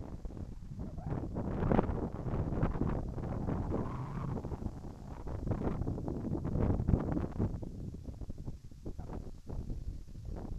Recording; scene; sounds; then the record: everyday scene through a hearing-aid microphone; wind on the microphone; wind, whistling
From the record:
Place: in front of a rural house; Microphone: behind the ear, right, front